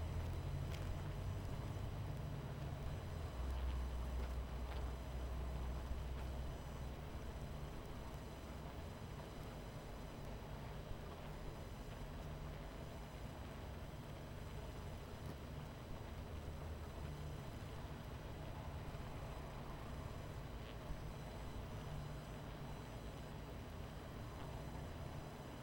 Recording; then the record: honeybee colony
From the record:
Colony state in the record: missing queen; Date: 14 July 2017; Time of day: 22:08